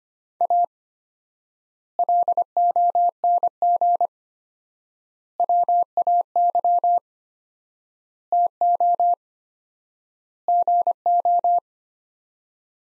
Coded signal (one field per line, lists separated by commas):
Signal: Morse code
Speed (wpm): 25 wpm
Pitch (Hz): 700 Hz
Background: none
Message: A LONG WAY TO GO